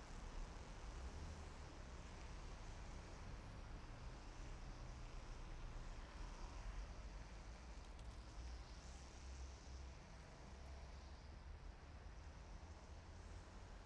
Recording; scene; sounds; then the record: everyday scene through a hearing-aid microphone; in traffic; traffic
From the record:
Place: main city hub, rush hour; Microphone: behind the ear, left, rear